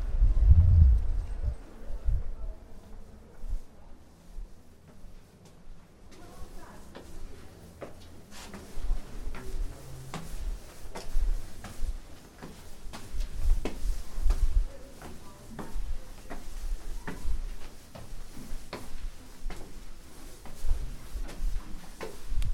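A walk through Prague from the Castle toward Charles Bridge, with footsteps and scattered clicks and taps repeating irregularly throughout. A low rumble dominates the first second, and after about six seconds the sound turns busier and brighter, with murmuring voices underneath.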